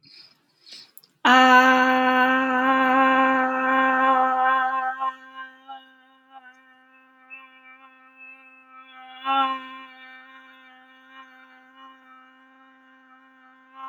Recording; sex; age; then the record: vowel held as long as possible; female; 20 to 29 years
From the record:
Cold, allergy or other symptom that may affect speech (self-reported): no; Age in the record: 22 years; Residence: Massachusetts, United States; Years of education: 17